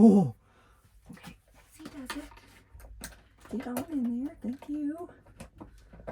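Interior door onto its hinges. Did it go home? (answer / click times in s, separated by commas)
no / none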